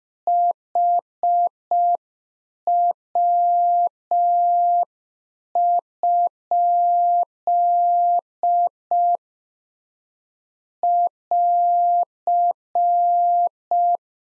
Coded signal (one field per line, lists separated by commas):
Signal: Morse code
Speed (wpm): 5 wpm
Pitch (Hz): 700 Hz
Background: none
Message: HW? <AR>